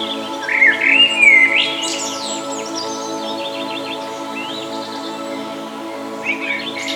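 Bird singing a loud warbled whistle early on, then quieter chirps, all over a constant low musical tone.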